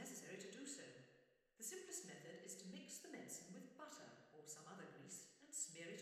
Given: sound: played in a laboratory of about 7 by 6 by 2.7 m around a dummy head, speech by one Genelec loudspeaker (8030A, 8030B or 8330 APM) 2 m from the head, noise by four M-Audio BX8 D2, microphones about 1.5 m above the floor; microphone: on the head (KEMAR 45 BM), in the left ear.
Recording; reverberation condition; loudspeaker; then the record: female speech in English; high; 120 degrees to the left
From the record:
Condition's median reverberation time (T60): about 1300 ms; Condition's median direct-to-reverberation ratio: about -4.0 dB